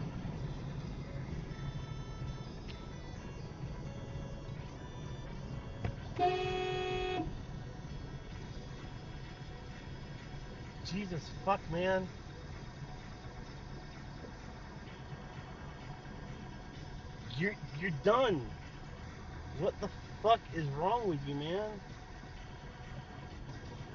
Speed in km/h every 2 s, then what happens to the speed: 58, 56, 55, 52, 48, 47, 42, 42, 42, 44, 40, 44.
0-12 slows to 42. 12-24 steady at about 42.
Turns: none.